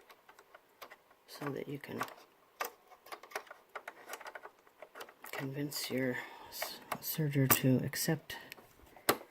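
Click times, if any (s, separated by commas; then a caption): 9.1 s. After pressing the small white button on the back of a serger, the upper cutting knife is pushed down by hand into its disengaged, locked-down position while someone talks, with small handling clicks and taps along the way. The knife latches with a sharp click at 9.1 s, seated out of the way.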